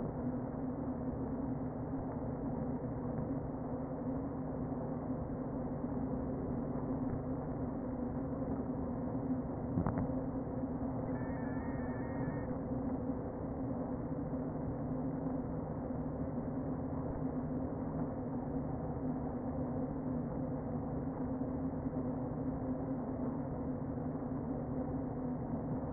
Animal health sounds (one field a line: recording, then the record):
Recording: honeybee colony, microphone inside the hive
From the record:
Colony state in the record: queen present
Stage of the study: before two queens were removed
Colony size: about 60,000 bees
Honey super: yes